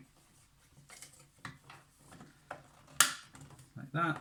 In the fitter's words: So just click into place.